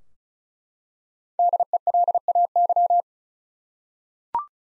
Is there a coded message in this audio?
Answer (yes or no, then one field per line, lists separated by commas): yes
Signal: Morse code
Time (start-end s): 1.4-3.0 s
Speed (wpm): 34 wpm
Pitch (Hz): 700 Hz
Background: none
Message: DELAY